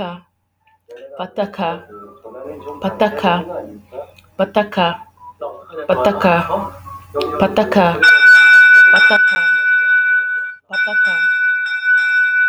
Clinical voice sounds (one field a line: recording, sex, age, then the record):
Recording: repeated syllables /pa ta ka/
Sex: female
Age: 20 to 29 years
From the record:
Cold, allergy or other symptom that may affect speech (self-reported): no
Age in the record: 25 years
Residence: Italy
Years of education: 16